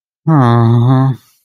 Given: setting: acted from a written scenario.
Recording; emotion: vocal sound without words; sadness